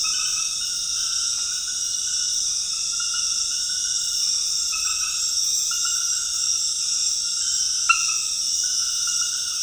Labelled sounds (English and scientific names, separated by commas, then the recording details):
none
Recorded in dense forest near Puerto Asís, Putumayo, Colombia, on 13 March 2025 at 21:00
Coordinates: 0.484, -76.325
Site G045